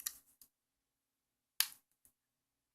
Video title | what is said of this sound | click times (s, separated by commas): Pentax Optio E10 Tear Down and Repair | snaps into place excellent now | 1.6 s